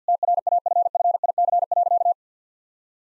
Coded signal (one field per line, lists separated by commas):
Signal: Morse code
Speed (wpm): 50 wpm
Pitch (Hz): 700 Hz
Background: none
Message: TRAFFIC.